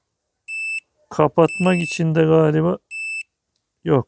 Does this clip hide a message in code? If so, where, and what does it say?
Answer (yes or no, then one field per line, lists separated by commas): no